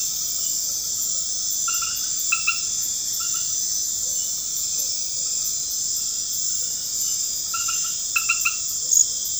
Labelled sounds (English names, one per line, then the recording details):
none
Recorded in pastures near Puerto Asís, Putumayo, Colombia, on 12 March 2025 at 22:00
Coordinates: 0.502, -76.324
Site GP07